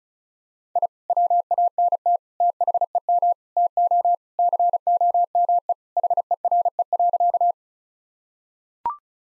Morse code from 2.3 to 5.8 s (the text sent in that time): THEM TO COME